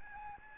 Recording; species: mosquito wingbeat signal from an infrared sensor; Aedes albopictus